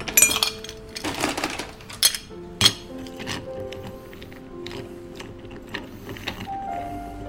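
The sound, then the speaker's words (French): At Harris Bar, a barman takes out a slightly chilled cocktail glass to make a Vesper; glassware clinks and knocks as it is handled, with several sharp bright chinks, light taps and scrapes over a low steady background hum. “Alors, pour faire un vesper, je vais vous prendre un verre à cocktail, légèrement rafraîchi.”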